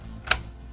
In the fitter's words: click in place